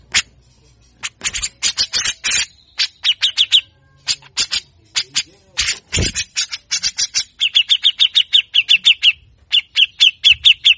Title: MASTERAN CUCAK JENGGOT GACOR FULL BESETAN KASAR. Cucak Jenggot Gacor Mbeset Ngotot Pancing Emosi Burung Bahan Bagus Untuk MASTERAN